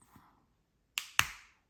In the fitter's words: Make sure everything clicks in place, and